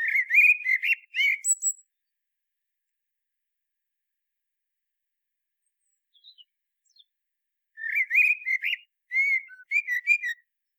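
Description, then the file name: Common blackbird, two bouts of song: rich warbling whistles and high thin squeaks, separated by a long silence broken only by faint ticks. "Turdus merula"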